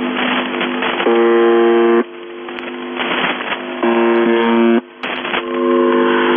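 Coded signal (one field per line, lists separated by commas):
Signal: channel marker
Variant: UVB-76 buzzer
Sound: harsh low buzzes of about one second, repeating every few seconds, three heard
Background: radio static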